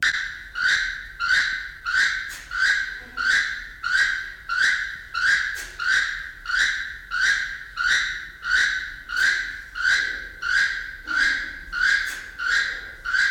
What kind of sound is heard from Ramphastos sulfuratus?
call